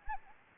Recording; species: mosquito wingbeat signal from an infrared sensor; Anopheles gambiae